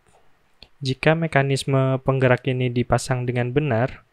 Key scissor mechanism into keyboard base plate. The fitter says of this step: berikan tekanan di bagian bawah mekanisme penggerak sampai berbunyi klik jika